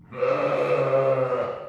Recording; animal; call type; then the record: contact call of a hoofed animal; sheep; low-frequency (closed-mouth) or high-frequency (open-mouth) call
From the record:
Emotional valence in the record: negative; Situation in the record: short social isolation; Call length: 1.69 s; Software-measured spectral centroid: 1240 Hz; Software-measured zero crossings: 1360 a second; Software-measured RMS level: -23 dBFS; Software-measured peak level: -11 dBFS